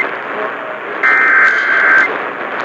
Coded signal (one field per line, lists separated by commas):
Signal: Emergency Alert System (SAME) tones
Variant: header bursts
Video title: (EAS #462 - #475) NORTH CENTRAL TEXAS CHOAS - EAS Alerts from 4/4/22 - 4/5/22